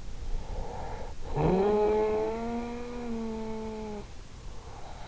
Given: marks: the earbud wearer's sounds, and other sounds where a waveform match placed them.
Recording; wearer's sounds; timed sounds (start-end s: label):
sounds in sleep by an in-ear microphone; snoring breath
0.31-4.26 s: snoring breath